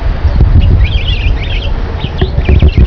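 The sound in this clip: Starling chatter, squeaky whistles and scratchy twittering notes jumbled together, over a loud, steady low rumble.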